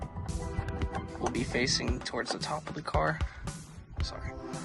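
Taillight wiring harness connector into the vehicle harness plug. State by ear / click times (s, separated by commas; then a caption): not seated / none. A taillight wiring harness connector for custom LED taillights is handled at its mating harness plug on a 2019–23 Silverado, with its little red clip oriented to face the top of the truck. Someone talks over background music, and a few faint brief ticks are heard near 0.0, 0.7 and 0.8 seconds. Nothing has seated or clicked yet.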